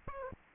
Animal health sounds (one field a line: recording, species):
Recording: mosquito wingbeat signal from an infrared sensor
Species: Aedes albopictus